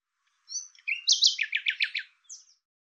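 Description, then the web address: Bird song: a couple of high whistled notes, then a fast descending series of chirpy notes, ending with one soft high note. "cianscape birddata Deverinetal 2025 File cleaned normalized Bird Lu Me Lu Me"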